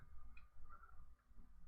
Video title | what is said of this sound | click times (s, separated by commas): Octopus v1.1/Pro - Trouble shooting | so there you go make sure it clicks in | 0.4 s